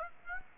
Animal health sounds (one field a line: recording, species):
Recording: mosquito wingbeat signal from an infrared sensor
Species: Aedes aegypti